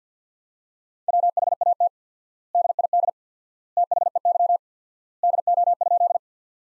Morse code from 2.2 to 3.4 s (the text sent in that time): DID